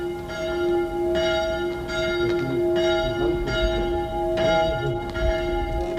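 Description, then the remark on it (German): A small church bell on the piazza in Meolo rings in a steady, unhurried rhythm, each bright, high strike overlapping the humming sustain of the last, with a low rumble underneath and no voices. “Diese kleine Glocke hörte ich, als ich über die Piazza in Meolo ging, hinüber zum Albergo, dem einzigen Gasthaus in Meolo.”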